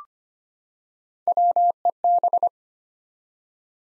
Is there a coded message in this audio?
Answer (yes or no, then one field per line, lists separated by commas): yes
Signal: Morse code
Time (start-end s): 1.3-2.5 s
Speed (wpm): 25 wpm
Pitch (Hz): 700 Hz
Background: none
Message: WEB